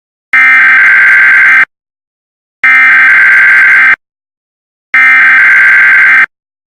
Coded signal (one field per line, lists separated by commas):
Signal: Emergency Alert System (SAME) tones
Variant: header bursts